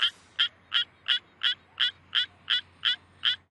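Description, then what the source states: Suweon tree frog song: ten short notes evenly repeated at about three per second. Sings in rice paddies while awkwardly gripping rice stems in an uncomfortable posture.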